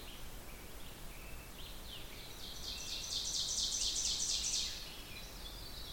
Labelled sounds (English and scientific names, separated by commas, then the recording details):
Ovenbird (Seiurus aurocapilla) song
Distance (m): 40 m
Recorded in boreal forest in Alberta, Canada, on 16 June 2016 at 06:28
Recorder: SongMeter 3, array SBT-3-32
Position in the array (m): 184 m, 44 m
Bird 36